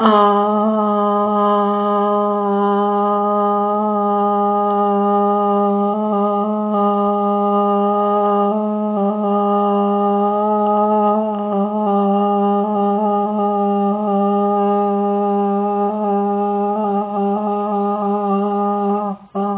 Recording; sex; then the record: sustained vowel /a/; female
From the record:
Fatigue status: fatigue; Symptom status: symptomatic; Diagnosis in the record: COVID-19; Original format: 3gp